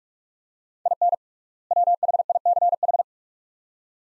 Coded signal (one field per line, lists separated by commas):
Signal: Morse code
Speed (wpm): 43 wpm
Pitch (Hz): 700 Hz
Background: none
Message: IN WHICH